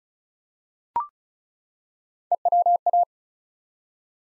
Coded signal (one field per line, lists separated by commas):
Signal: Morse code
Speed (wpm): 36 wpm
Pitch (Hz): 700 Hz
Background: none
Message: EWA